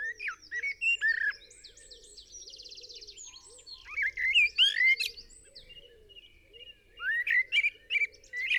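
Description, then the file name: Eurasian blackbird song: rich whistled phrases alternating with rapid high chattering trills, repeated in bursts every few seconds above a faint low droning background. "Turdus merula"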